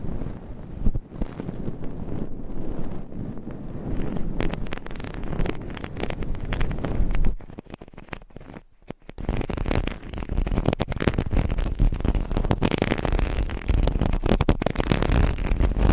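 Dense scratching and brushing with rapid tapping strokes and low rumbling rubs, pausing into near-quiet around eight seconds before resuming steadily.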